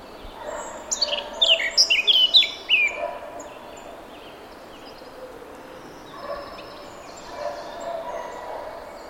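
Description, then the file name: Eurasian blackcap song burst of quick, clear whistled notes lasting about two seconds, followed by quiet background with faint bird notes. "Sylvia atricapilla"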